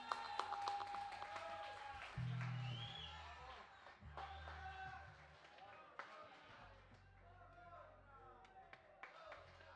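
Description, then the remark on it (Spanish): An audience applauds at a concert after the band's guitar and keyboard players are introduced, a steady wash of clapping with voices and a low musical hum running underneath throughout. “fuerte el aplauso, gracias.”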